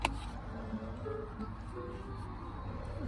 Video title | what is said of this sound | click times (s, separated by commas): Me opening my NINTENDO OLED | nicer it just clicks back into place | 0.1 s